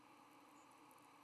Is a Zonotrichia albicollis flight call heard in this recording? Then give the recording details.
no. Another species' flight call is heard. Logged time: 09:23 on 12 November 2014